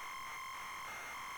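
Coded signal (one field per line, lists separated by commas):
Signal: ZX Spectrum tape loading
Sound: harsh steady buzzing tone around 1 kHz with a brief wobble midway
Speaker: I'm not entirely sure how the tape loader works actually on the Spectrum.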